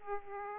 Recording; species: mosquito wingbeat signal from an infrared sensor; Aedes aegypti